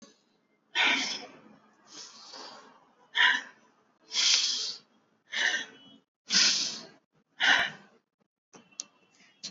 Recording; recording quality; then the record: deep breathing; excellent, no background noise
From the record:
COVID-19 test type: RT-PCR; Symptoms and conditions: cold, fever, fatigue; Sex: male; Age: 21 years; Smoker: no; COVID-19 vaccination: both doses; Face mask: worn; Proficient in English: yes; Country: India